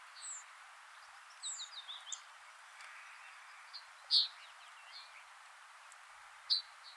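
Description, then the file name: Eurasian blue tit calling with scattered high, thin chips and short twitters, then two louder sharp notes in the second half. "Cyanistes caeruleus"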